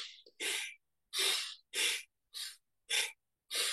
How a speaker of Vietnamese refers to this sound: Bước thứ hai là hít vô mạnh biết hít vô mạnh, thở ra mạnh biết thở ra mạnh, mạnh á.